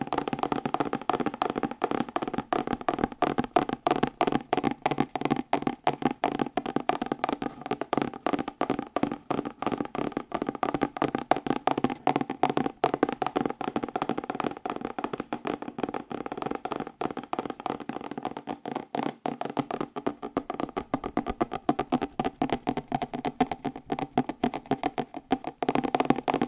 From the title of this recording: ASMR Fast Aggressive Cardboard Tapping